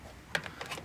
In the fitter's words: grab your controller lock into place